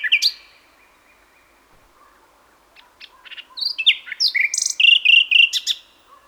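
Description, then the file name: Common nightingale singing a short chirp, then after a quiet gap a varied phrase of whistled and buzzy notes building into quickly repeated rich chirps, over a faint steady hum. "Luscinia megarhynchos"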